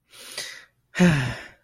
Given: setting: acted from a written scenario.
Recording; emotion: vocal sound without words; pride